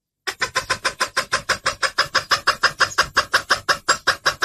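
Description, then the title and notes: Bird repeating a harsh, even, rapid chatter, continuing steadily throughout. Lure sound used to attract stubborn, hard-to-approach birds; part of a compilation of bird lure calls. "Suara Burung Bandel Yang Susah Mendekati. Kompilasi Suara Pikat Burung"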